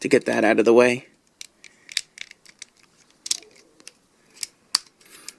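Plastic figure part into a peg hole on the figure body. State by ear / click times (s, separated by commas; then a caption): seated / 4.8 s. Someone talks at the start, then small plastic ticks and handling noises follow as a plastic part of a Transformers MP07 Masterpiece Starscream (2015) transforming figure is pushed into a small peg hole on the figure body, with the landing gear lowered out of the way. A sharp, loud click at 4.8 s is the part locking into place, a connection that isn't the greatest and is nerve-wracking to make but ends up firm.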